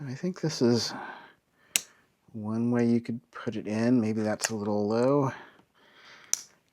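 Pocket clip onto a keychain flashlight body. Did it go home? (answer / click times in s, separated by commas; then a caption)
yes / 6.3 s. Someone talks while a removable plastic pocket clip is pressed onto the body of a small Tunenge S12 Pro EDC keychain flashlight, and a separate sharp tap is heard near 1.8 s. A sharp click at 6.3 s marks the clip snapping into place on its ribs, seated on the flashlight body.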